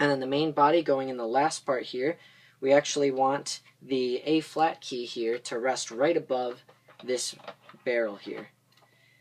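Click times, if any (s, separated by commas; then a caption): none. Someone talks while laying a flute's main body into its case, with the A-flat key set to rest just above the barrel, after the foot joint has already gone in. Faint ticks sound at 8.7 and 8.8 s after the talk ends. The case lid has not yet been closed onto the case body, and nothing has snapped shut or seated yet.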